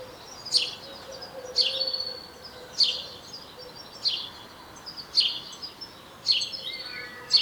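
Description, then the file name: House sparrow call, clipped chirps repeated about once a second, with softer twittering from other birds behind. "Passer domesticus"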